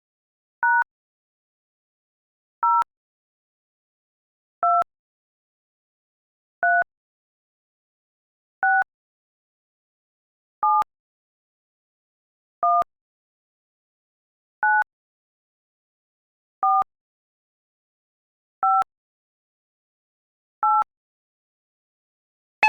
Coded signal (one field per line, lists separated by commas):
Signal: DTMF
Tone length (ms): 220 ms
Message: # 0 2 3 6 7 1 9 4 5 8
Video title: Beeps | Sound Effects